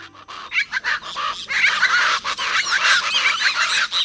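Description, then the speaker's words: Chachalacas calling in a flock, harsh overlapping rhythmic guffaws repeated rapidly and raucously, several birds at once. Flock calling; rhythmic guffaws that sound as if the birds were yelling out their name. "The rhythmic guffaws you'd hear belong to a flock of chachalacas."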